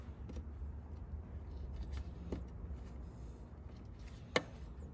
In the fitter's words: There should be a nice sort of nice click once it all locks into place, and I can't pull that fitting out anymore.